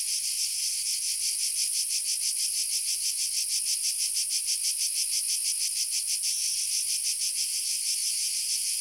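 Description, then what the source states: Cicada chorus of steady, shrill buzzing, throbbing in regular rapid pulses, several per second, with no other sounds. Two cicada species together; Sardinia, Sassari, Patada to Oshiri road north of Mount Pedralunga, 300 m; 16 July 1990, 14:30; very hazy sun, 35 °C; UHER 4200 recorder, AKG D202 microphone.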